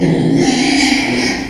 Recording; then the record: squeal of a Yucatan mini pig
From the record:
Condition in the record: after surgery on the right vocal fold (resection and tissue-engineered implant); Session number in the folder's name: 2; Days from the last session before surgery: 13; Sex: male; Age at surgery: 12 weeks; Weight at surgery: 13 kg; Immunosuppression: cyclosporine, prednisolone